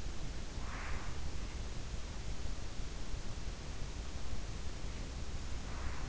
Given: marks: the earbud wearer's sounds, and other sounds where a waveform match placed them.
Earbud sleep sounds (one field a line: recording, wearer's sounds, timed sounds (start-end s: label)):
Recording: sounds in sleep by an in-ear microphone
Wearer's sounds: breath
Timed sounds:
0.65-1.22 s: breath
5.68-6.09 s: breath